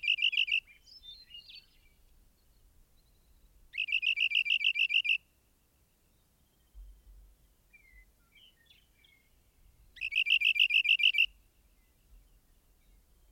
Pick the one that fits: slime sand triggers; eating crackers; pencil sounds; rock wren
rock wren